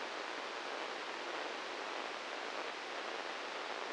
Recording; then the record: brain microelectrode recording played as sound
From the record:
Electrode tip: inside the subthalamic nucleus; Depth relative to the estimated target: 1 mm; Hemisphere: left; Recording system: NeuroSet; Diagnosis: Parkinson's disease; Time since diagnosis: 15 years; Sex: male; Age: 65 years